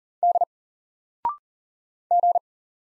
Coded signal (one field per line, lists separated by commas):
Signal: Morse code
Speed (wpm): 40 wpm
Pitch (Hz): 700 Hz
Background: none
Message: D G